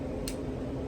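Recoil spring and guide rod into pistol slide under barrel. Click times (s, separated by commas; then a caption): 0.3 s. The recoil spring and guide rod are slid into a pistol slide under the barrel during reassembly. A single sharp metallic tick at 0.3 s, over a steady low hum, marks the assembly popping into place. The spring assembly is seated.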